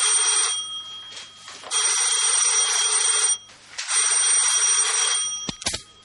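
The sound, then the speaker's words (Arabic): A telephone bell rings in an apartment in long, loud, shrill bursts, three rings separated by short pauses, the last one cut off by a sharp click. “وهذا ما تؤكده واقعات هذه القضية والتي سأرويها لعدالتكم تبعا لتسلسلها، حيث بدأت برنين جرس التليفون في شقة المجني عليهما”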